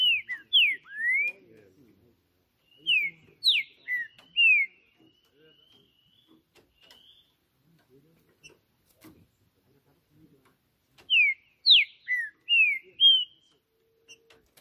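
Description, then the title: Green-winged saltator singing three separate whistled phrases of a few clear slurred notes each, with quiet gaps between them. Birds singing hard in a song contest on a roof, in a dispute; the Portuguese title calls the singing 'macheando', and two birds named Trinca Justiceiro and FBI are involved. "TRINCA Piando, Cantando E Macheando Na DISPUTA. Trinca Ferro CANTANDO MUITO de CARA em CIMA do TELHADO! Disputa INSANA!! TRINCA JUSTICEIRO & FBI"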